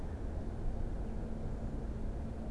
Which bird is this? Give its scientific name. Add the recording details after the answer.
Fringilla coelebs. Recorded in Germany. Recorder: ecoPi